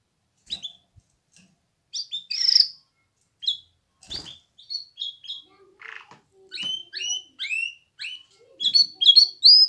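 Canary song: scattered short chirps and upslurred whistles, starting sparse and building into a quicker run of bright notes; a few faint clicks.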